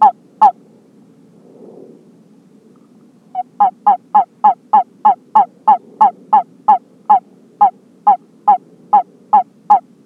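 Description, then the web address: California toad calls: after a couple of early notes and a pause, a steady run of short, mid-pitched chirping notes, about three per second, over a low background hum. Subspecies halophilus. "a b halophilus"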